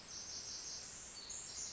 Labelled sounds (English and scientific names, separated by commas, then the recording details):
Pacific Wren (Troglodytes pacificus)
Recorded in Sonoma County, California